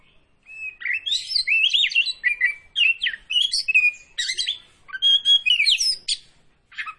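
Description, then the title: Oriental magpie-robin song, a rapid run of varied whistled and buzzy phrases that rise and fall, nearly continuous with brief pauses. Singing vigorously (gacor). "Kacer Tretes Gacor"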